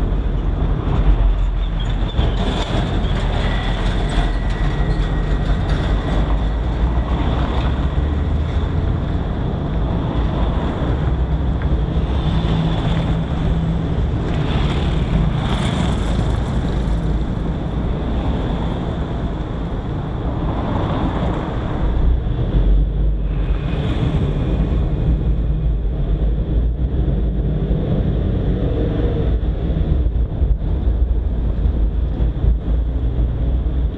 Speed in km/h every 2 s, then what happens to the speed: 0, 0, 0, 2, 2, 2, 1, 0, 0, 1, 0, 2, 6, 13, 18, 19, 22.
0-22 standing. 22-34 pulls away to 22.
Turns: none.